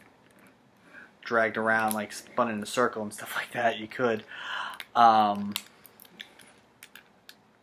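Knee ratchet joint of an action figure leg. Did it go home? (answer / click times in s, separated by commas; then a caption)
yes / 5.9 s, 6.0 s, 6.2 s, 6.8 s, 7.0 s, 7.3 s. Someone talks while bending the knee of a Bandai Chogokin Mechagodzilla 75, a die-cast and plastic collectible robot figure. The knee's ratchet joint then gives a series of sharp clicks at 5.9, 6.0, 6.2, 6.8, 7.0 and 7.3 seconds as it steps into place, and the joint clicks in place.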